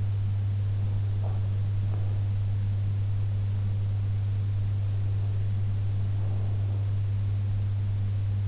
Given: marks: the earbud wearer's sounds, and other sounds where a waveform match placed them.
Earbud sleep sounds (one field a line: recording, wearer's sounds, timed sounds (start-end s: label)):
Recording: sounds in sleep by an in-ear microphone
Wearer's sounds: breath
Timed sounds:
1.01-2.36 s: breath
6.10-6.98 s: breath